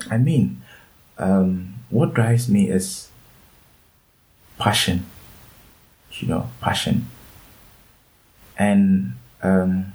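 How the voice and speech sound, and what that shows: Adult man's speech with long silent gaps, drawn-out fillers and a repeated word: stuttering, in a person who stammers.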